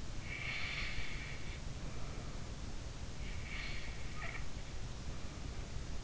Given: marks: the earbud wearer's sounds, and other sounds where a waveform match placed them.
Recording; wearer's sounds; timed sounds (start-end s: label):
sounds in sleep by an in-ear microphone; breath, snoring breath
0.22-2.82 s: breath
3.45-6.02 s: snoring breath